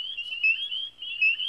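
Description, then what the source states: Spring peeper chorus, a steady high piping band of overlapping peeps, with a few brighter peeps standing out. Males calling in early spring from woodland ponds on chilly April evenings in Wisconsin; each male calls once every second; tiny one-inch bodies with very loud voices; chorus can be deafening.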